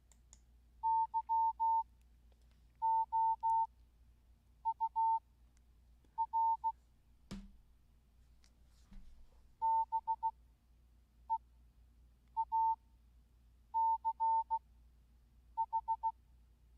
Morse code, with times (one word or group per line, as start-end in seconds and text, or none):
0.8-6.7 YOUR
9.6-16.1 BEACH